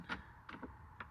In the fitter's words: I hear it unlock but it's not moving